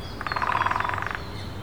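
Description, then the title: Woodpecker drumming, a single quick burst of many evenly spaced knocks lasting about one second, with faint background hum. At least two woodpeckers heard but unseen in trees in Wandle Park, London, UK, on 3 April. "Woodpeckers in Wandle Park, London, UK on 3rd April – by Andrew Strangeway"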